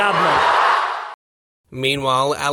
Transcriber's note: crowd cheers